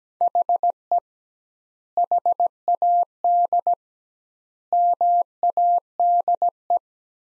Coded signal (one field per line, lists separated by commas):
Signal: Morse code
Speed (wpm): 17 wpm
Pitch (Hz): 700 Hz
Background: none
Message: HE HAD MADE